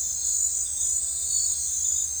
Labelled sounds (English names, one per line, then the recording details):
none
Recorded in forest near Pivijay, Magdalena, Colombia, on 14 April 2023 at 21:30
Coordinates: 10.467, -74.380
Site Z5-G034